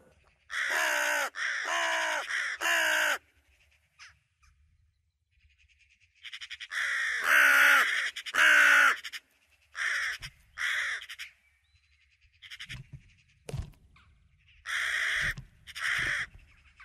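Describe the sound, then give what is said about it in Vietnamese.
A large bird of unknown kind in a deep forest at night gives harsh, raspy caws in repeated bursts of two to four, with pauses between groups, sounding loud and eerie against an otherwise quiet background. “Trong rừng sâu, một con chim lớn không rõ tên đang kêu rên đến rợn người.”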